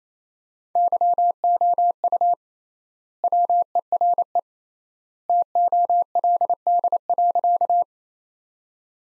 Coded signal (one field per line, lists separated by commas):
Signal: Morse code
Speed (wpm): 28 wpm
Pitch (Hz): 700 Hz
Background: none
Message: YOU WERE TOLD.